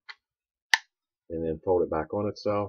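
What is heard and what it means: The polymer trigger guard latch on a Kel-Tec Sub 2000 Gen 2 folding pistol-caliber carbine in 9mm, set up for Glock magazines, is pulled down to unlock the barrel so the carbine can fold. A single sharp click sounds at 0.7 s as the latch releases. Someone then talks.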